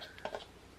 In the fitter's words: you just twist it it locks into place brilliant